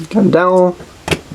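A plastic dowel on a segment of a twisty toy is handled near the hole in another piece it goes into while someone talks, and a short sharp knock of handling is heard near 1.1 s. Nothing has seated or clicked yet.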